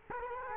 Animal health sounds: mosquito wingbeat signal from an infrared sensor; Culex quinquefasciatus

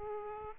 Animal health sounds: mosquito wingbeat signal from an infrared sensor; Aedes aegypti

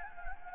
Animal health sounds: mosquito wingbeat signal from an infrared sensor; Anopheles gambiae

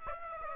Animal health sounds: mosquito wingbeat signal from an infrared sensor; Aedes aegypti

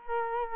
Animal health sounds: mosquito wingbeat signal from an infrared sensor; Culex quinquefasciatus

